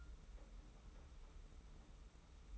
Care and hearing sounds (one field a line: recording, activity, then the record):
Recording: daily activity, microphone in the room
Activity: take from stove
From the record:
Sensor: 1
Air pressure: 991.0 hPa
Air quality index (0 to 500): 91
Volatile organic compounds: 33 ppm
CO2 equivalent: 3018 ppm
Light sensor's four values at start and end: 36/117/46/47 and 36/117/46/47